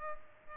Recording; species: mosquito wingbeat signal from an infrared sensor; Culex pipiens